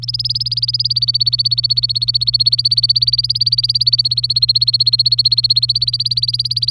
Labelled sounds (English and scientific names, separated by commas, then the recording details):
Domestic Canary (Serinus canaria) song
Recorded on 27 April 2018 at 10:13
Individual llb3